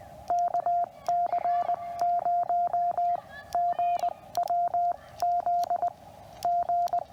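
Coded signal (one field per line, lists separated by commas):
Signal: Morse code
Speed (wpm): 20 wpm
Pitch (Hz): 690 Hz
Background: radio noise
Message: KC0GWZ G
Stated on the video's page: QRP CW Parks on the Air activation with a QMX radio running under 5 watts, working DX.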